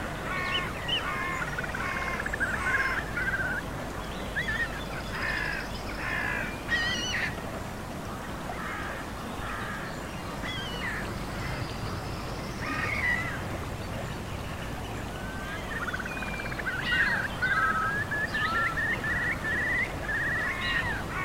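A natural ambience: a steady, dense rush fills the low and middle range throughout. Over it, birds call in short bursts of chirps and quacking notes, clustering near the start, around 12 seconds, and in a rising run of chirps near 17–20 seconds.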